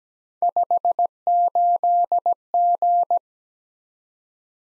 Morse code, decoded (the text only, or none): 58G